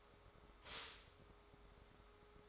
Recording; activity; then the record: daily activity, microphone in the room; stop toaster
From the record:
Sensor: 3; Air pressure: 1014.7 hPa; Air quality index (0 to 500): 199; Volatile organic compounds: 25 ppm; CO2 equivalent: 2849 ppm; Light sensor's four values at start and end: 4/10/4/4 and 4/10/4/4